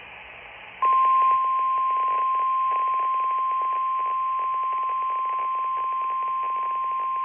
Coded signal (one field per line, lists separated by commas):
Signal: Emergency Alert System (SAME) tones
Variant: 1050 Hz attention tone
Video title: EAS Alerts from 8/9-8/11 (EAS #202-217)